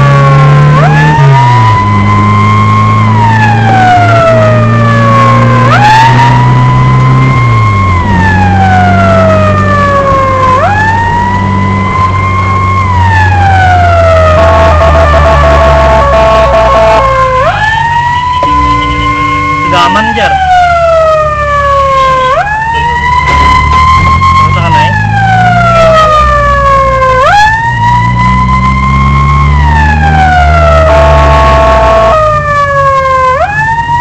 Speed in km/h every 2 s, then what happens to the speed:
52, 57, 63, 67, 72, 73, 72, 60, 42, 29, 16, 18, 24, 33, 32, 42, 23.
0-7 speeds up to 72. 7-12 steady at about 72. 12-20 brakes to 16. 23-25 speeds up to 33. 25-30 steady at about 33. 30-34 brakes to 23.